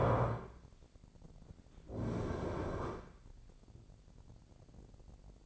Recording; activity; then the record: daily activity, microphone in the room; stand up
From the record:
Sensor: 5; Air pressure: 1009.3 hPa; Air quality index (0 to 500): 154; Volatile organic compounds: 2 ppm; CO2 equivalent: 1187 ppm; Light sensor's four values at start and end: 257/616/262/286 and 254/609/258/283